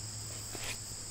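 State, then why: Not seated. A wooden spindle is handled against a bow drill string, placed between the string and the bow before being rolled in to twist and lock in place. A steady high-pitched insect-like drone and a low hum run throughout, with only faint soft rustles around 0.5 s and 1.1 s. Nothing has locked or seated yet.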